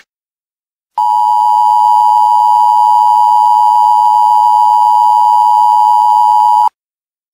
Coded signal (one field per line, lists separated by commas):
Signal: Emergency Alert System (SAME) tones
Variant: 853 and 960 Hz attention tone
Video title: EAS with my own voice (low signal version)